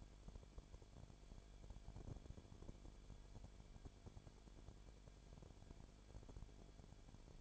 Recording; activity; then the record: daily activity, microphone in the room; no activity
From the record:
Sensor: 5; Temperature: 19.8 degrees Celsius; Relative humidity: 33.3%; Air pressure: 1001.4 hPa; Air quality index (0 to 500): 32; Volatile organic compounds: 1 ppm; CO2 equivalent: 525 ppm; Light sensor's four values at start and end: 2/3/1/1 and 2/3/1/1